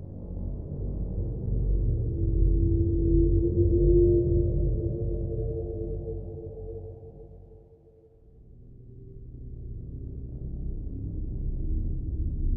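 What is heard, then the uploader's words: A dark, low droning horror ambience swells with a humming tone, fades to near silence around eight seconds, then rumbles back. Black Waves | Royalty Free Horror Ambiance.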